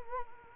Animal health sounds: mosquito wingbeat signal from an infrared sensor; Culex quinquefasciatus

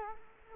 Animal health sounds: mosquito wingbeat signal from an infrared sensor; Culex quinquefasciatus

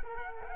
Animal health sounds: mosquito wingbeat signal from an infrared sensor; Culex quinquefasciatus

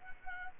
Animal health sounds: mosquito wingbeat signal from an infrared sensor; Culex quinquefasciatus

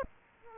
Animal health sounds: mosquito wingbeat signal from an infrared sensor; Aedes aegypti

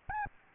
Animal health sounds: mosquito wingbeat signal from an infrared sensor; Aedes albopictus

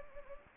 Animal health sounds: mosquito wingbeat signal from an infrared sensor; Anopheles gambiae

